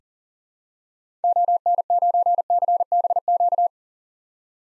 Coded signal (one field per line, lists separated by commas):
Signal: Morse code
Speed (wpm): 38 wpm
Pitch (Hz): 700 Hz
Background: none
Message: ON9CBQ